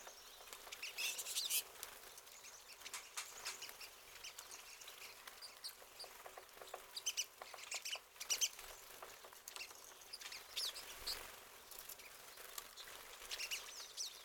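Pine siskins calling, a dense chatter of short high chirps and twitters repeated throughout, with several birds overlapping.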